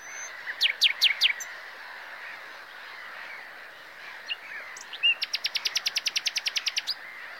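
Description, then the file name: Common nightingale song with a few loud sweeping notes, a quiet interval, then a fast regular series of bright, evenly spaced notes. "Luscinia megarhynchos"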